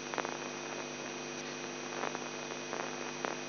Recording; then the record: brain microelectrode recording played as sound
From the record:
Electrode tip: inside the subthalamic nucleus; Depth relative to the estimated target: 0 mm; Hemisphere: left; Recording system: AlphaMap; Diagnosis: Parkinson's disease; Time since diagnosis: 11 years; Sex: male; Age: 42 years